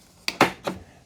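A cyan plastic ink cartridge is lined up and pushed into the cartridge bay of a Brother MFC-J1010DW wireless color inkjet printer. Sharp plastic clicks land at 0.3 s and 0.4 s, followed by a softer knock near 0.7 s. The cartridge seats in place.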